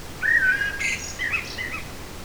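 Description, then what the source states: Eurasian blackbird song: a clear whistled opening note followed by a jumble of higher squeaky twittering notes, over light background hiss. Forest, 8 July 2018.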